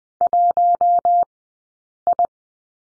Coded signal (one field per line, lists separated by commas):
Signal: Morse code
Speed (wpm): 19 wpm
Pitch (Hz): 700 Hz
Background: none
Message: 1 I